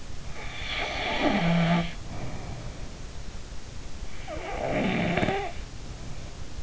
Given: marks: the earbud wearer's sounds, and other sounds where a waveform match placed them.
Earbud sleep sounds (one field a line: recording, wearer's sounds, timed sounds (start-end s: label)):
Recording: sounds in sleep by an in-ear microphone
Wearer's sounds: snoring breath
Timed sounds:
0.56-2.90 s: snoring breath
4.14-6.52 s: snoring breath